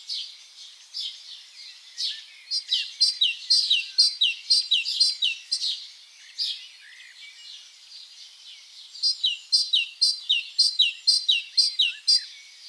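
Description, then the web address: Great tit singing two long bursts of repeated two-note phrases, high then lower. "SETE data Parus major"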